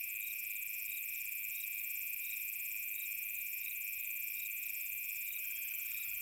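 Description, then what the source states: Steady cricket chorus, shrill unbroken trill with rhythmic chirps and a high buzz layered over it. Summer night.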